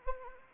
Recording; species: mosquito wingbeat signal from an infrared sensor; Anopheles arabiensis